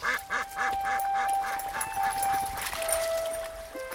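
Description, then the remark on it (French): A flock of ducks honks and quacks in a rapid, agitated flurry of overlapping calls as a dog, Gredin, chases them, loud and continuous throughout, with a steady high tone running beneath. “Non ! Pas les canards !”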